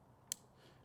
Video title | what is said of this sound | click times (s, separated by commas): Amp Up Your Vehicle: The Results of Installing Morimoto XB Tail Lights with Backup Light Boost Bar! | It's kind of hard, but you'll hear it click. | 0.3 s